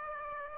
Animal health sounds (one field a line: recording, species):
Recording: mosquito wingbeat signal from an infrared sensor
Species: Aedes aegypti